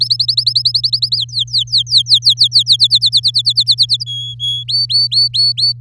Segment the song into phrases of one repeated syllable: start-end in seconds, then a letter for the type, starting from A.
0.00-1.17 A, 1.17-2.77 B, 2.79-4.04 C, 4.06-4.64 D, 4.68-5.73 E